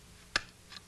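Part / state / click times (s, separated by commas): R/C car rear suspension assembly onto chassis pan / seated / 0.4 s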